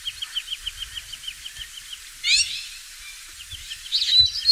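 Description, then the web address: Fischer's lovebird chirping, a rapid run of short high chirps for about two seconds, then a harsh rasping burst and scattered shrill squeaks near the end. Lovebirds, genus Agapornis, singing. "golosa ptic kak poyut popugai nerazlucniki agapornis. agapornis fischeri"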